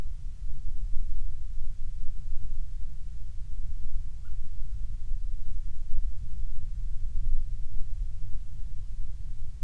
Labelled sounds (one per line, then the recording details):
bird
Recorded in the Prudhoe Bay oil fields, Alaska, on 12 July 2019 at 04:21
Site 16